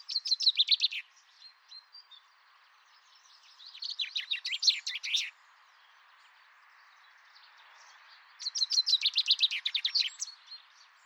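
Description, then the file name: Common chaffinch song: three bright, fast descending trills, each about a second or two long, separated by pauses. "Fringilla coelebs"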